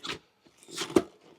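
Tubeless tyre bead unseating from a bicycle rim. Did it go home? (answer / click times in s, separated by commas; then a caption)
released / 0.6 s, 1.0 s. A tubeless bicycle tyre's bead is pushed into the middle of the rim so it comes off the rim seat. A soft scuffing rustle leads to a quiet pop at 0.6 s and a louder, sharper pop at 1.0 s. The bead releases from the rim.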